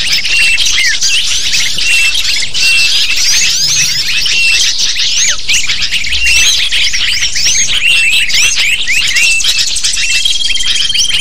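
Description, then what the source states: Lovebirds calling together, constant piercing chirps and squeaky notes layered thickly for the whole stretch, with occasional short whistled tones. Lure call used to attract lovebirds (pikat burung).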